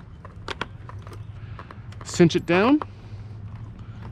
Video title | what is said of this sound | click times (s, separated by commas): EASY Motovlog Setup: NO External Mic! (GoPro Hero 8 Motovlog Setup) | and then this just snaps back in like so cinch | 0.5 s, 0.6 s